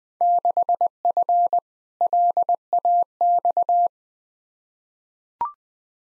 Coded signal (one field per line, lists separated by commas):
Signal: Morse code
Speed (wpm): 20 wpm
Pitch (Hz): 700 Hz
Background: none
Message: 6F LAX